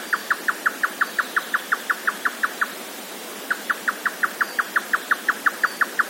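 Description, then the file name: Grey nightjar song: quick knocking notes, a pause of about a second, then the same rapid series again. "yotaka"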